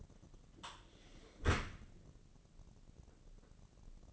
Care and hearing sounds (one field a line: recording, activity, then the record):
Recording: daily activity, microphone in the room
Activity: close dishwasher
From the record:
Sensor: 4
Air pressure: 1013.2 hPa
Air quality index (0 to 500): 176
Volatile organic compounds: 2 ppm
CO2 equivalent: 1107 ppm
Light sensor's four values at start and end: 88/219/91/94 and 88/219/91/95